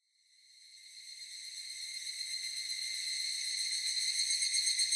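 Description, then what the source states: Evening cicada song swelling up from silence into a continuous ringing, finely pulsed high drone that grows steadily louder. Recorded on 18 July 2004.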